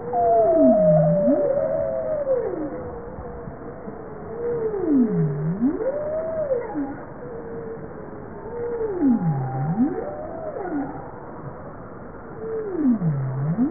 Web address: bowhead